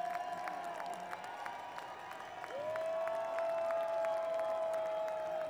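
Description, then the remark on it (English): A concert audience at Nelson Ledges Quarry Park in Garretsville, Ohio, in 2010 claps to call the band back out, in a steady, rhythmic beat, sharp slaps repeating several times a second, while a sustained high tone hums underneath and slides upward partway through. “Everybody clap your hands and me and the band will come back out.”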